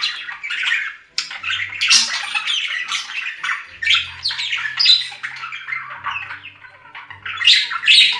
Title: Budgie Sounds